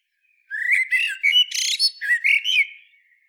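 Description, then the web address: Eurasian blackbird song phrase: rich whistled warbling notes mixed with a harsh, hissy burst and thin squeaks, lasting a little over two seconds. "SETE Turdus merula"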